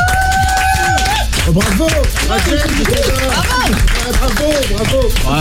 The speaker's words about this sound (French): Ils sont avec nous ce matin. On peut les applaudir, les amis.